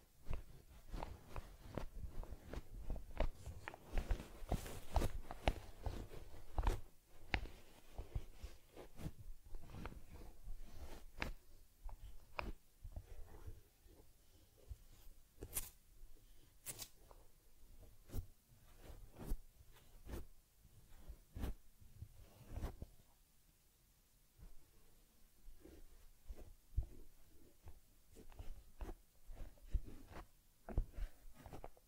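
Close handling of a teddy bear during a head massage, cleansing, combing and ear cleaning. Irregular soft rubs, brushing strokes and sharp clicks or taps come every second or so, busiest in the first ten seconds, then sparser with quiet gaps.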